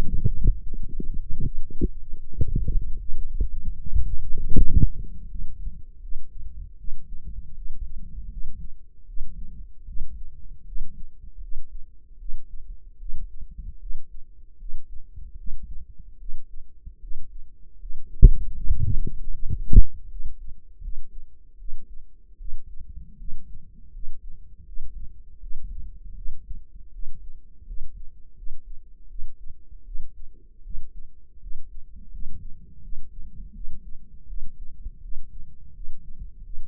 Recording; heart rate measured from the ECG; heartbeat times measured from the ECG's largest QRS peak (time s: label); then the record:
heart sounds by microphone in the right ear; 79 bpm
0.62 s: heartbeat
1.41 s: heartbeat
2.21 s: heartbeat
2.96 s: heartbeat
3.75 s: heartbeat
4.52 s: heartbeat
5.27 s: heartbeat
5.99 s: heartbeat
6.76 s: heartbeat
7.53 s: heartbeat
8.28 s: heartbeat
9.05 s: heartbeat
9.84 s: heartbeat
10.63 s: heartbeat
11.39 s: heartbeat
12.17 s: heartbeat
12.97 s: heartbeat
13.78 s: heartbeat
14.56 s: heartbeat
15.35 s: heartbeat
16.17 s: heartbeat
16.99 s: heartbeat
17.77 s: heartbeat
18.53 s: heartbeat
19.30 s: heartbeat
20.07 s: heartbeat
20.80 s: heartbeat
21.56 s: heartbeat
22.36 s: heartbeat
23.16 s: heartbeat
23.91 s: heartbeat
24.63 s: heartbeat
25.39 s: heartbeat
26.13 s: heartbeat
26.90 s: heartbeat
27.64 s: heartbeat
28.34 s: heartbeat
29.07 s: heartbeat
29.83 s: heartbeat
30.61 s: heartbeat
31.38 s: heartbeat
32.09 s: heartbeat
32.80 s: heartbeat
33.52 s: heartbeat
34.25 s: heartbeat
35.00 s: heartbeat
35.72 s: heartbeat
36.41 s: heartbeat
From the record:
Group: healthy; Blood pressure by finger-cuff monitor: 98/61 mmHg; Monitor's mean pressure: 72 mmHg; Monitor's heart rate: 79 bpm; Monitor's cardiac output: 5.9 L/min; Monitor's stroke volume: 76 mL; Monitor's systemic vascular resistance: 860 dyn s/cm5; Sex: female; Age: 19 years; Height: 163 cm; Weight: 51 kg